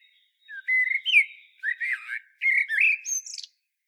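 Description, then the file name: Common blackbird song: low fluted whistles and warbles in three quick bursts, closing with a high rasping squeak. "Turdus merula"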